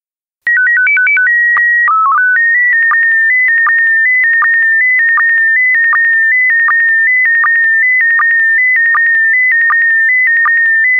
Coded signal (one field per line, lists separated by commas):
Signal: SSTV (slow-scan television)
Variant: PD 180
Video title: SSTV-DEMO USING PD180 (2)